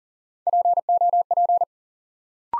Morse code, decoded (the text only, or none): POP